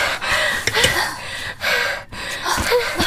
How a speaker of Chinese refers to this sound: 四人出来后都纷纷大喘气，他们都被憋得够呛，不只是因为衣柜里空间逼仄，而是精神紧张时忘记呼吸。